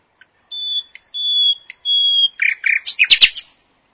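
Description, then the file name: Common nightingale song opening with three long, pure, level whistles, then breaking into quick, buzzy chattering notes and a loud rapid rattle at the end. "nachtigall"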